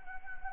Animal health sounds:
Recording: mosquito wingbeat signal from an infrared sensor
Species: Anopheles gambiae

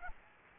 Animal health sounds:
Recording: mosquito wingbeat signal from an infrared sensor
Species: Aedes aegypti

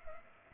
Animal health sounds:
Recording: mosquito wingbeat signal from an infrared sensor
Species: Culex pipiens

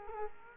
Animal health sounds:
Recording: mosquito wingbeat signal from an infrared sensor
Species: Culex quinquefasciatus

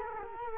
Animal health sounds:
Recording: mosquito wingbeat signal from an infrared sensor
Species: Culex quinquefasciatus

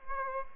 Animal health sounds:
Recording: mosquito wingbeat signal from an infrared sensor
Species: Aedes albopictus

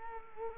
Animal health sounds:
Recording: mosquito wingbeat signal from an infrared sensor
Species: Culex quinquefasciatus

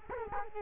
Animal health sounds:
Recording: mosquito wingbeat signal from an infrared sensor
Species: Culex quinquefasciatus

